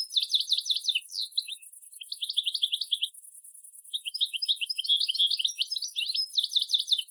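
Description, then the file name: European goldfinch twittering calls, bright liquid chirps in quick tinkling bursts, pausing briefly twice then resuming, with a faint steady high hiss throughout. "Carduelis carduelis"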